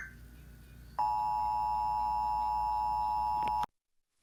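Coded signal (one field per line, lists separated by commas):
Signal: Emergency Alert System (SAME) tones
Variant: 853 and 960 Hz attention tone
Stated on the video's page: Self-made fictional EAS scenario, not a real alert.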